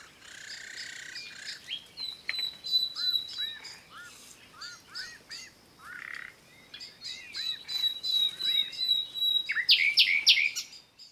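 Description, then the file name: Common nightingale song: a series of arched, rising-falling notes, then a sudden loud buzzy burst near the end. "Luscinia megarhynchos"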